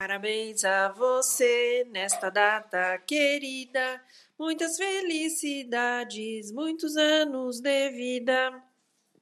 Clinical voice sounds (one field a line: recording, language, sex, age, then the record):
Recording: short text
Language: Brazilian Portuguese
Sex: female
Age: 50 to 59 years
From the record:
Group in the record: control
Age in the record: 56 years